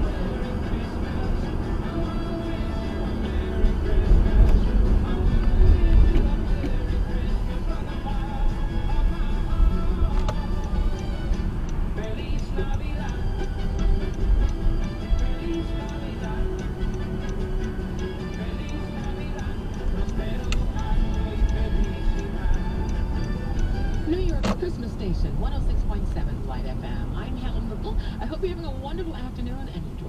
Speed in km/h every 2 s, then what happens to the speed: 39, 34, 31, 23, 21, 21, 21, 21, 24, 26, 24, 24, 26, 26, 19.
0-7 slows to 21. 7-26 steady at about 24. 26-30 slows to 19.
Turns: none.